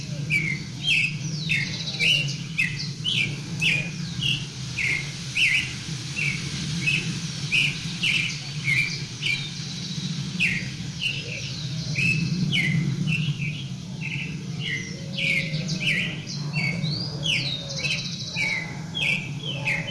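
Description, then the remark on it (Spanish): A small bird sings a steady stream of bright, high chirps and short trills, repeating phrases throughout, over a constant low rumble of background noise. “Vemos, es un pajarito que está practicando para su declaración de amor.”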